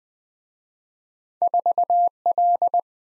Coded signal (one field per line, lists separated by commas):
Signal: Morse code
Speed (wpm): 22 wpm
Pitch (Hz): 700 Hz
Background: none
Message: 4L